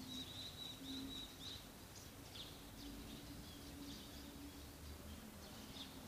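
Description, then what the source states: Evening cicada, high pulsed trilling in short bursts, with a low humming tone throughout. Recorded in the morning; song written as kanakana.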